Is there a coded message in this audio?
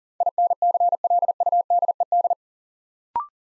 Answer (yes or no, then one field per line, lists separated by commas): yes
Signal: Morse code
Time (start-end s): 0.2-2.3 s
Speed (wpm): 43 wpm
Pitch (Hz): 700 Hz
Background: none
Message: INCLUDED